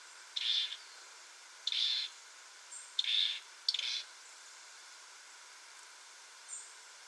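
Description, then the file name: European robin calling with short, harsh, high notes, four spaced over about four seconds, then a fainter single note after a pause. "Erithacus rubecula"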